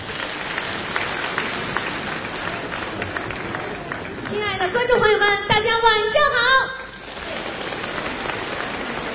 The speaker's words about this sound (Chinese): 这个女相声演员上来掌声就是不一样，咱们再来一遍呗。